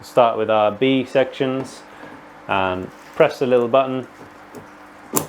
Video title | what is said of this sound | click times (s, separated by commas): Urban Grow 90 x 90 x 180 cm Grow Tent Assembly | give it a wiggle till it clicks and we'll go around all the corners and do that it will look like this | 5.2 s